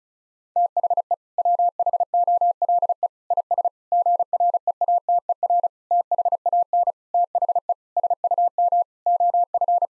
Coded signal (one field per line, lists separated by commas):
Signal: Morse code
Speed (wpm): 36 wpm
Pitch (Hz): 700 Hz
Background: none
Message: THE WHOLE IS GREATER THAN THE SUM OF